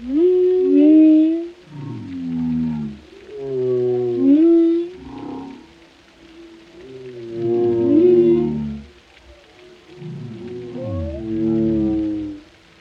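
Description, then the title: Whale song in a layered series of downward-sliding harmonic moans and upsweeps, each phrase lasting one to two seconds and returning every few seconds. Compilation of whale vocalizations including moans, calls and melodies, presented for relaxation. "Soothing Symphony of the Deep: Captivating Whale Sounds for Relaxation"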